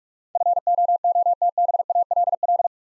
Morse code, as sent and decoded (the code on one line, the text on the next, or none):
..-. --- --- - -... .- .-.. .-..
FOOTBALL